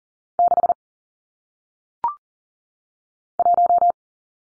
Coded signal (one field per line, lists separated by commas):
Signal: Morse code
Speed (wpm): 40 wpm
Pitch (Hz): 700 Hz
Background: none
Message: 6 1